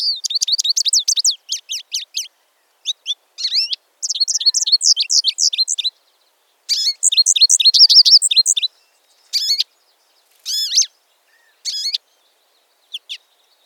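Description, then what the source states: American Goldfinch singing a long, varied twittering song, dense bursts of high chattering notes broken by pauses, then shorter scattered bursts toward the end. Long and variable song with call notes inserted into it; common backyard bird.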